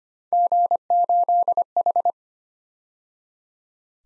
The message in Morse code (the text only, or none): G8H